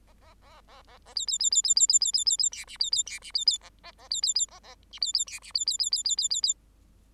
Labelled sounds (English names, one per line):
Bengalese Finch song